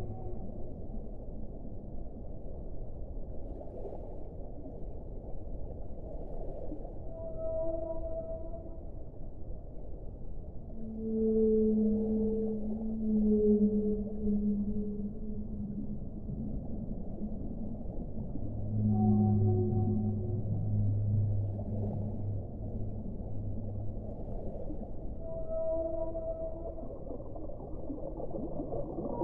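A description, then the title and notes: Whales sing underwater, with long, slow moaning tones that rise and fall over a low, steady murmur. The calls come in overlapping phrases, a deep drawn-out groan around the middle and lighter, higher notes near 8 and 26 seconds. Underwater singing for relaxation. Whales.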